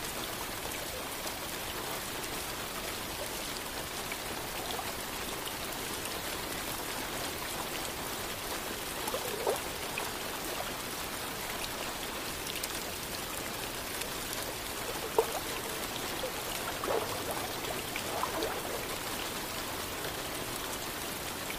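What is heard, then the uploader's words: Gentle rain falls steadily and evenly in a soft, bright hiss, with a few slightly louder drops near the middle and later on. Gentle Rain & Lake Water Sounds.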